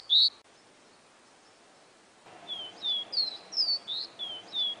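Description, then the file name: Seedeater song: one opening whistle, silence, then a busy series of high slurred whistles over a rushing, hissy background. Amazon region. "caboclinho da amazonia"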